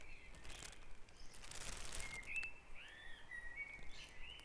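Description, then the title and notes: Bird song: a burst of noise, then quick rising and falling chirps and slurred whistles toward the end, over a soft background hiss. Dawn chorus at Back Dragon Avenue, Harrogate. "Dawn Chorus // Back Dragon Avenue, Harrogate. Sound Map Of Harrogate"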